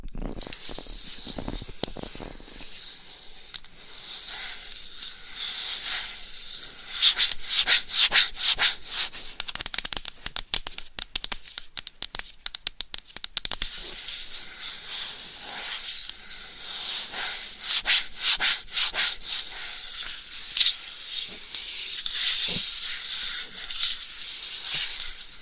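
Mic scratching makes a dense, hissy rubbing sound that runs the whole time, bright and raspy with little low end. From about 7 to 14 seconds it breaks into rapid, choppy scratches with sharp ticks, then settles back into steadier rubbing with occasional louder strokes.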